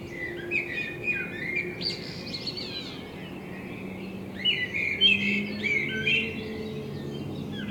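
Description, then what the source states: Common blackbird delivering flowing fluted phrases broken by high scratchy twitters, a soft low drone running underneath. Binaural recording made with a self-built dummy head, in front of the recordist's window; intended for headphone listening.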